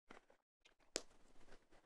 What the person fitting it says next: And that's snapped in place.